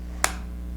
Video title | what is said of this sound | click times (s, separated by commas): Minolta Maxxum (Alpha, Dynax) 7 Video 2: Operation - Shooting Modes, Flash Use, How to Take a Photo | just line them up and turn it clockwise until it clicks | 0.2 s